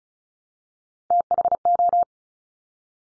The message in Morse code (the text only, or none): THO